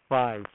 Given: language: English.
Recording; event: throat vibration sensor signal played as sound; speech